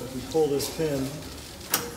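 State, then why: Released. Someone talks as the locking pin holding the folded deck of a Landranger CT80 treadmill upright is pulled, and a sharp mechanical click sounds at 1.7 seconds as the pin disengages. The pin comes free and releases the deck, which then lowers slowly on its shock absorber.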